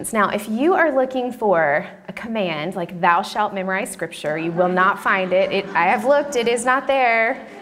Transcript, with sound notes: Now, if you are looking for a command, like, “Thou shalt memorize Scripture,” you will not find it. (laughter) I have looked. It is not there.